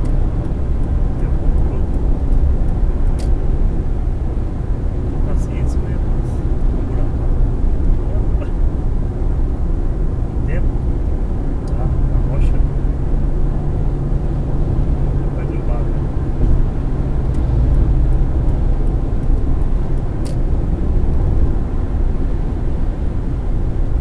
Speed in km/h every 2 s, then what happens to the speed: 114, 116, 115, 114, 113, 113, 115, 116, 116, 116, 116, 114.
0-24 steady at about 115.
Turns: none.